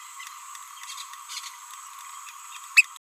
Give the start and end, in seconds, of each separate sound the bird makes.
2.77-2.84